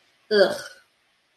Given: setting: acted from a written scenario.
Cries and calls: vocal sound without words; disgust

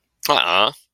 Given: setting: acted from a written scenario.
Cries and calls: vocal sound without words; negative surprise

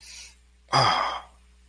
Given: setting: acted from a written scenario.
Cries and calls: vocal sound without words; shame

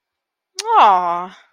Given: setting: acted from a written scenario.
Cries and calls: vocal sound without words; adoration

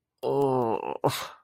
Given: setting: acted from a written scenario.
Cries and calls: vocal sound without words; disgust

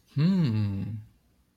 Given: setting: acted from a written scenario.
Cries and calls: vocal sound without words; romantic love

